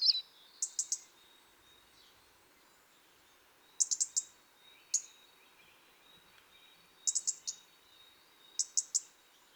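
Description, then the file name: European robin tick calls, sharp high clicks mostly in quick bursts of two to four, spaced a few seconds apart, over a faint steady high tone. "Erithacus rubecula"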